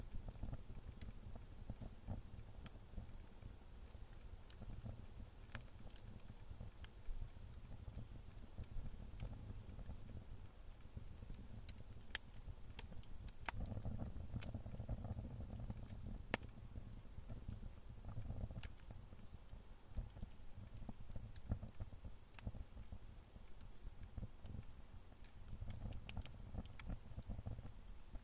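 A fire burns with a steady, low roar beneath a scatter of sharp crackles and pops. The snaps come irregularly throughout, with a few louder cracks near the middle, while the deep rumbling base stays fairly even from start to finish.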